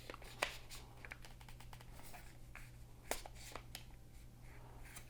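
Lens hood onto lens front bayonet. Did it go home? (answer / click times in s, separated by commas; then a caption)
no / none. A plastic lens hood is twisted onto the front bayonet of a new zoom lens, with light scraping and handling noises over a steady low hum and two brief sharp ticks near 0.4 s and 3.1 s. The hood does not click into place the way the other brand's hood does, and nothing has seated or clicked yet.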